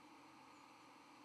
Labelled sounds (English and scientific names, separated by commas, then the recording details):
White-throated Sparrow (Zonotrichia albicollis) flight call
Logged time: 06:26 on 31 October 2014